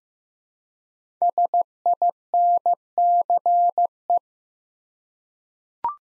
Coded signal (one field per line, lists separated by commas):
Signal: Morse code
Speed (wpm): 15 wpm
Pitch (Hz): 700 Hz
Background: none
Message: SINCE